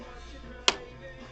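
A plastic clip on the bottom case of a Dell Inspiron 15 5000 series laptop is pried apart from the palm rest during disassembly. Against a low background hum, a single sharp snap is heard at 0.7 s as the clip releases and pops apart.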